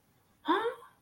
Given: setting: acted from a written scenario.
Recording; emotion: vocal sound without words; positive surprise